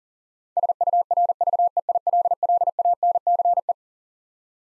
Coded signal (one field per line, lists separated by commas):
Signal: Morse code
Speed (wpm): 40 wpm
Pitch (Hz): 700 Hz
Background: none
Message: SURVEILLANCE